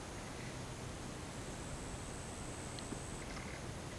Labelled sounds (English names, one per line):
none